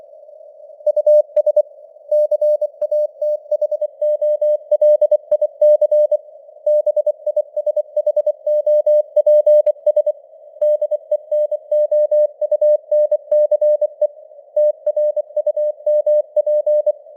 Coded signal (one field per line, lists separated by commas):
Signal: Morse code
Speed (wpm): 24 wpm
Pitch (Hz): 600 Hz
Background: none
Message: US CATHOLIC BISHOPS DENOUNCE TRUMP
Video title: Morse Code News | 2025-11-14 | 24wpm